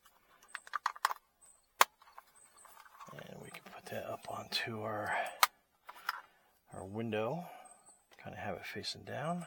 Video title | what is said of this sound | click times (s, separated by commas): Nuoenx Solar Wireless Backup Camera, No Wires, Solar Battery Powered Car Back Up Camera 7" Monitor | that will get locked into place there | 1.8 s